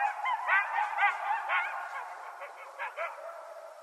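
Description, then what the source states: Coyotes giving quick yipping barks and short wavering cries, louder at first and then softer. Several coyotes, 21 January 2012.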